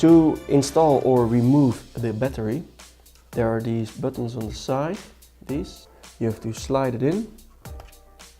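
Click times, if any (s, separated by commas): 7.7 s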